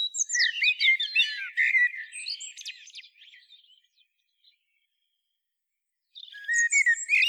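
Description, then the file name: Common blackbird, a burst of varied, quick warbled and squeaky phrases, then a few seconds of near silence before another twittering high phrase begins. "Turdus merula"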